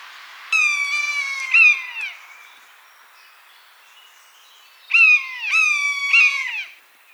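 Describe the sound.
Buzzard calling in two bouts of mewing notes, each steady then sliding down at the end, separated by a few seconds of quiet.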